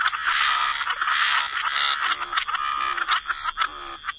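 Frog chorus of overlapping croaks and trills, dense at first, then loosening into shorter separate bursts toward the end.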